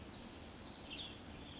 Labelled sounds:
California Towhee (Melozone crissalis)
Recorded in Sonoma County, California

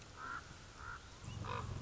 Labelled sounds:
Common Raven (Corvus corax)
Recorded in Sonoma County, California

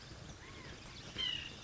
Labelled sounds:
White-breasted Nuthatch (Sitta carolinensis)
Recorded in Sonoma County, California

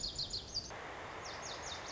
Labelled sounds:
Lazuli Bunting (Passerina amoena)
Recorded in Sonoma County, California

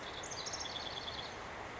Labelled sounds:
House Wren (Troglodytes aedon)
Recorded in Sonoma County, California

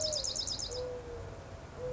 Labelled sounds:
Mourning Dove (Zenaida macroura)
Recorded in Sonoma County, California

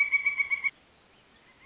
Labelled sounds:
Pileated Woodpecker (Dryocopus pileatus)
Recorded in Sonoma County, California

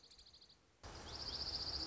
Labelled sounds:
Dark-eyed Junco (Junco hyemalis)
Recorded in Sonoma County, California

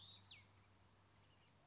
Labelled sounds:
Chestnut-backed Chickadee (Poecile rufescens)
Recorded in Sonoma County, California

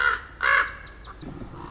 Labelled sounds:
Common Raven (Corvus corax)
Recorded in Sonoma County, California

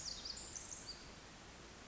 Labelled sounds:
Pacific Wren (Troglodytes pacificus)
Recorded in Sonoma County, California

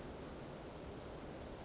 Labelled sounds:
Western Flycatcher (Empidonax difficilis)
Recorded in Sonoma County, California

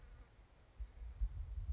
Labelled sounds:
California Towhee (Melozone crissalis)
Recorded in Sonoma County, California

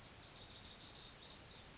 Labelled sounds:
California Towhee (Melozone crissalis)
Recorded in Sonoma County, California

